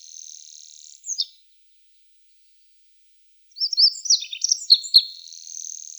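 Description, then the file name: Olive-backed pipit song: a thin high note, then from midway a rapid jumble of sweet, high twittering and trilled notes. "Konek pjatnistyj"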